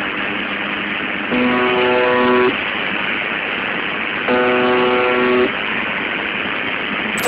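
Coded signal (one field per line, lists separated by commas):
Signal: channel marker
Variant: UVB-76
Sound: two harsh buzzes about one second long, three seconds apart, over static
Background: radio static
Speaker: a few times a week the buzzing sound is interrupted and an eerie voice in Russian Creeps in here's a spooky [Music] [Music] snippet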